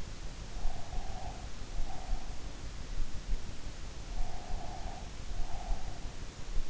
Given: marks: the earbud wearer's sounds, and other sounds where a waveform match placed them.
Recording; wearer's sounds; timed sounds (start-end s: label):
sounds in sleep by an in-ear microphone; breath
0.36-2.63 s: breath
4.12-6.26 s: breath